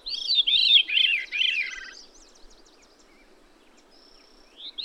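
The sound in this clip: Bird singing a short phrase of four bright, arched, descending notes. Soft scattered chirps follow, and another phrase begins at the end.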